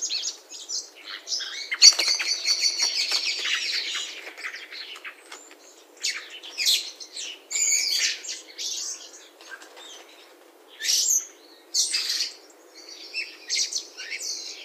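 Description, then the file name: Eurasian blackbird calls: a dense burst of high, scratchy chattering notes early on, then separate short harsh clusters. "Turdus merula"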